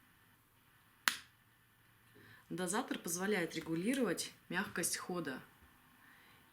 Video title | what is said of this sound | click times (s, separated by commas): Sub// ВЫБИРАЕМ ЛУЧШУЮ ОСНОВУ / HANYUL vs IOPE / ЛЮКСОВАЯ КОРЕЙСКАЯ КОСМЕТИКА / ТЕСТИРУЮ | la tapa se cierra con un clic suave | 1.1 s